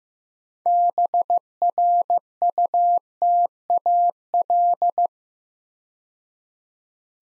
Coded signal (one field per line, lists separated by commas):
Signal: Morse code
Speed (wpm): 15 wpm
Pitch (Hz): 700 Hz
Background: none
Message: BRUTAL